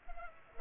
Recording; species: mosquito wingbeat signal from an infrared sensor; Culex pipiens